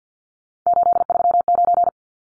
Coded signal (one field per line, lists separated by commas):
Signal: Morse code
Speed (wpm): 54 wpm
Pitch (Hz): 700 Hz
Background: none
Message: 839